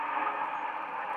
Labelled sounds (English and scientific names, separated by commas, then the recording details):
White-throated Sparrow (Zonotrichia albicollis) flight call
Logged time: 01:51 on 31 October 2014